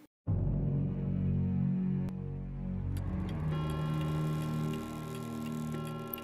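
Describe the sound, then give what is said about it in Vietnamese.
A pendulum clock ticks steadily at night over a low, sustained droning tone that swells and thickens partway through, giving a tense, eerie atmosphere with no voices. “Tiếng đồng hồ vang lên rõ mồn một trong đêm tối, không gian im lặng đến rợn người.”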